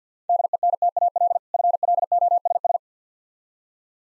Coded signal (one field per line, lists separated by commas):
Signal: Morse code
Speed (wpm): 49 wpm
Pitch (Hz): 700 Hz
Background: none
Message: DENTAL FLOSS